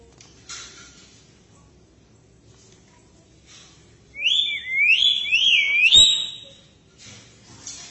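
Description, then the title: Common hill myna whistles: a loud burst of sharp, high, piercing notes that swoop up and down for about two seconds, then quiet with faint background hiss. "burung beo"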